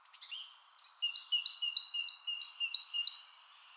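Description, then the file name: Great tit giving a brisk run of about eight ringing two-part notes, high sharp onsets over a steady lower whistle, preceded by a few softer high notes. "Parus major"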